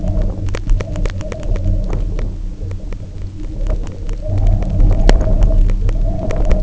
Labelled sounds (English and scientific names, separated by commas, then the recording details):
none
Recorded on Arctic tundra, site UTQI-0, on 27 June 2018
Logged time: 16:00